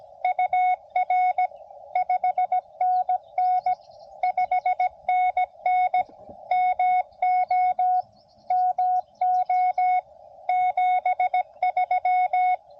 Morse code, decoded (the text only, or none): UR 5NN 5NN MO MO 73